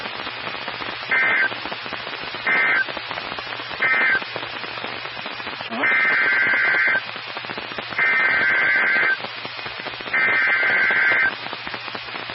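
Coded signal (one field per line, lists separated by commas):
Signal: Emergency Alert System (SAME) tones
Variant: header bursts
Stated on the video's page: Severe storm alerts received from NOAA weather radio stations in Covington, Kentucky, Columbus and Miamisburg, Ohio.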